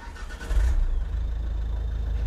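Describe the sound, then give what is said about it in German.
A car engine, with a caravan hitched to the car, rumbles low and steady, with a brief louder surge near the start before settling into a constant idling drone with no voices. “Wir haben einen Wohnwagen ans Auto gehängt.”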